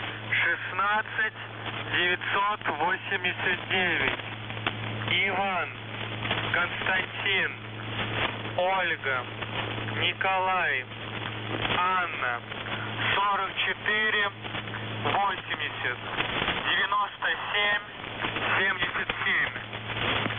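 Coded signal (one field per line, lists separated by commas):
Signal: coded military voice message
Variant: The Goose, Russian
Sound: a voice speaking steadily over radio, with a constant low hum underneath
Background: radio hum and static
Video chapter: 00:00 - Воздух Охват-98 16989 ИКОНА 4480 9777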